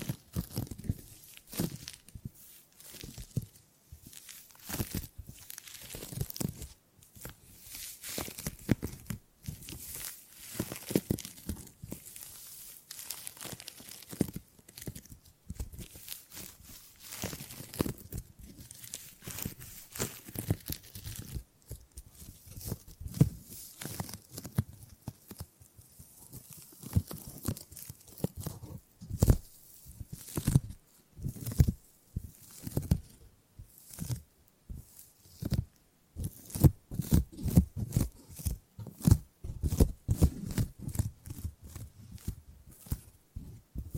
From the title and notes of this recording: ASMR Brain Tingly Gripping and Grabbing Sounds for Sleep (No Talking).